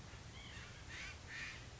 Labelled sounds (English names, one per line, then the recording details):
White-breasted Nuthatch
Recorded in Sonoma County, California